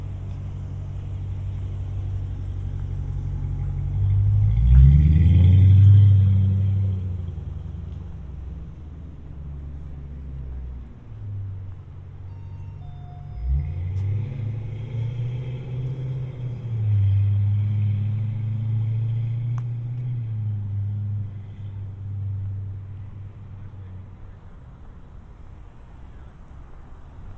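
Binaural walk through city streets in San Diego, with a constant low traffic rumble throughout. A heavy vehicle swells loudly past around five seconds, and another engine drones by from about thirteen to twenty-four seconds, with faint higher clatter above.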